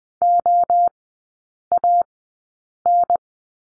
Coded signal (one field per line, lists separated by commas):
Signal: Morse code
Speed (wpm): 20 wpm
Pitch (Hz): 700 Hz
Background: none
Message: OAN